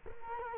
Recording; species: mosquito wingbeat signal from an infrared sensor; Culex quinquefasciatus